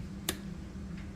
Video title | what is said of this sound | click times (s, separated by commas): Final Drive Maintenance - Rider’s Manual of Common Tasks | That little click means you're at your torque. | 0.3 s